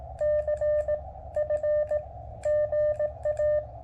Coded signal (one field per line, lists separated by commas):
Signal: Morse code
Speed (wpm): 17 wpm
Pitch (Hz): 590 Hz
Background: none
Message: C F GA